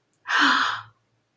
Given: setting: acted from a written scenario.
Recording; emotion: vocal sound without words; pain